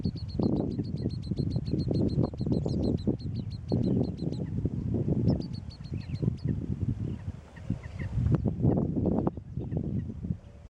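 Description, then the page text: Iraq babbler calls: quick runs of sharp high notes in bursts, set against a constant low rumbling background noise. Passerine endemic to the Mesopotamian wetlands. "Iraq Babbler. KÜRE Encyclopedia"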